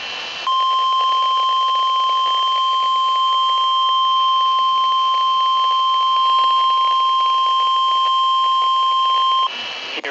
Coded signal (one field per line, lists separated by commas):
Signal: Emergency Alert System (SAME) tones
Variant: 1050 Hz attention tone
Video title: NOAA weather radio: Winter storm warning